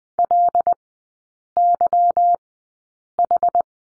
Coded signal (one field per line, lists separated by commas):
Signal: Morse code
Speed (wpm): 20 wpm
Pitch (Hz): 700 Hz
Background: none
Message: LYH